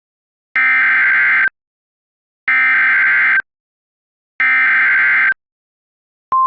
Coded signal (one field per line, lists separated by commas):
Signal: Emergency Alert System (SAME) tones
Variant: header bursts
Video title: Video (contains valid EAs tones do not use over air)